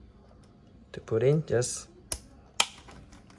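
Someone talks as a plastic hose quick connector from a YZ Aircond Cleaning Kit pump and spray, just pulled off, is pushed back into the sprayer coupling. A short sharp tap comes at 2.1 s, then a crisp click at 2.6 s as the connector seats home.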